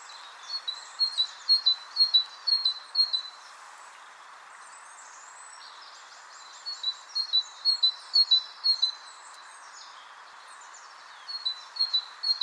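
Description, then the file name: Great tit giving repeated high, ringing two-note phrases in three fast bursts, with faint high twittering in the pauses over a steady background hiss. "Parus major"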